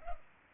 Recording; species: mosquito wingbeat signal from an infrared sensor; Culex pipiens